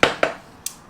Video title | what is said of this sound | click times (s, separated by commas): How To Use Ratchet Straps & Curtainsiders. My Way. | lift it up and push it forward until it clicks once it clicks pull it pull it | 0.0 s